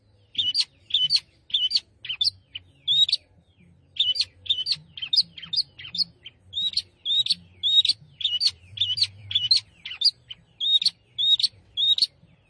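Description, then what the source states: Long-tailed shrike singing many short, high, quick phrases repeated in fast succession with brief gaps between them. Singing lively (gacor).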